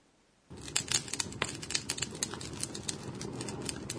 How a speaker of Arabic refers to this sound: يبدو كصوت احتراق الحطب. وصوت احتراق شيء مثل الورق والشجر يعبر عنه لغويا هكذا باتش باتش باتش باتش.